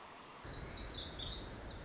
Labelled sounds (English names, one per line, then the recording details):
Pacific Wren
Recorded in Sonoma County, California